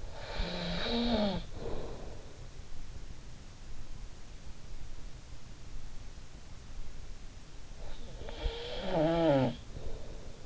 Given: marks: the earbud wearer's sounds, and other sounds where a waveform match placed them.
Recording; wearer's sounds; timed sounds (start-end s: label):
sounds in sleep by an in-ear microphone; snoring breath
0.00-2.24 s: snoring breath
7.80-10.46 s: snoring breath